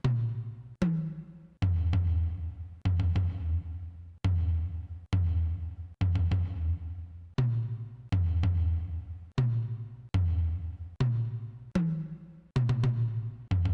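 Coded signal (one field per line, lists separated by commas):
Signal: drum signal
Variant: Rada drum code (fictional)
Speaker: we're going to go stand right over this guy delivering secret coded messages in drum language and we're going to open our book carefully to the drums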